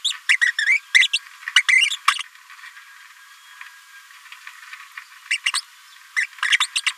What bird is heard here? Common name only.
Green-rumped Parrotlet